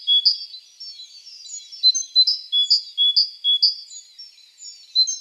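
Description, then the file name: Great tit calling with bright, high two-note phrases repeated about twice a second. "Parus major"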